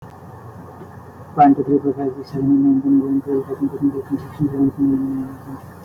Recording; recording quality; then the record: counting at a fast pace; excellent, no background noise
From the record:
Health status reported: exposed to COVID-19, no respiratory illness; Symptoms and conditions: cough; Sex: male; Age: 29 years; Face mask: not worn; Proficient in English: yes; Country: India